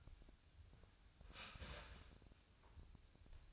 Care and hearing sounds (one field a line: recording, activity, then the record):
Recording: daily activity, microphone in the room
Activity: start toaster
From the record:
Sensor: 2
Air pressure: 1001.7 hPa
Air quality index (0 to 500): 244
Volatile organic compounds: 36 ppm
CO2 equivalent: 3079 ppm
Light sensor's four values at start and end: 10/31/12/12 and 10/31/12/12